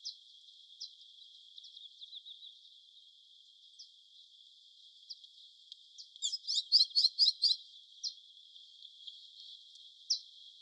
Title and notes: viernes 6 de marzo. colectivo Bakata Pajarera. Lorena Delgado. humedal Capellania, en la localidad de Fontibón, Bogotá, Colombia. un grupo muy grande de Quiscalus lugubris o tordos negros